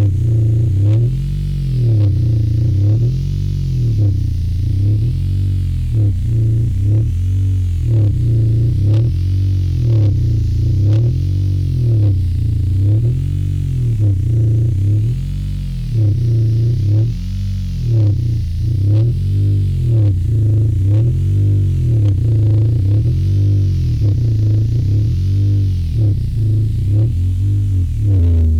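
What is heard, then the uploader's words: One long low D held for the whole half-minute at a steady level, deep and full with a stack of overtones above it. The tone wavers in slow regular pulses roughly every two seconds, and a faint airy hiss swells gently higher up. This piece was created, recorded live playing one long low D on a Roland Juno-D while manipulating the Filter Cutoff, Resonance and LFO Speed and Depth.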